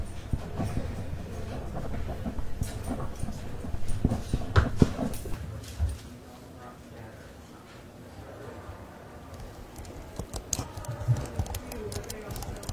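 Library ambience with a steady low hum and soft murmur underneath, dotted with scattered taps and clicks like typing, writing and handling pages. Activity is busier in the first six seconds, eases off briefly, then sharper clicks return around ten to twelve seconds.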